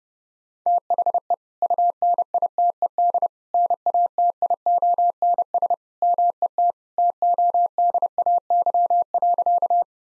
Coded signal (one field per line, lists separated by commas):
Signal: Morse code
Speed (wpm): 30 wpm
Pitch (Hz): 700 Hz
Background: none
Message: THE UNITED NATIONS MET TODAY.